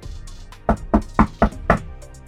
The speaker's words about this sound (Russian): В дверь квартиры постучались.